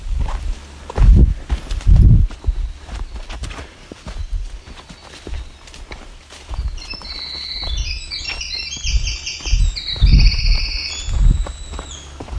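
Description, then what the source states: Winter Wren song: a fast, high, bubbling stream of trills and twittering notes through the second half, with loud thudding footsteps throughout. Singing male on the Bruce Peninsula near an escarpment edge, with at least five singing males estimated in the area; recorded while walking a trail.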